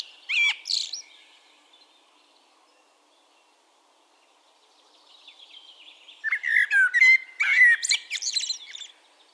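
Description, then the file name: Common blackbird singing a short phrase, then after a pause a longer warble of fluty notes and high scratchy twitters. "Turdus merula"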